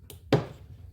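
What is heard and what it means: A new, oiled fuel injector with its clip on is pushed into the fuel rail of a Chevy V6 until it seats. A faint tick is heard at 0.1 s, followed by a sharp click at 0.3 s as the injector snaps into place. The injector is confirmed seated in the rail.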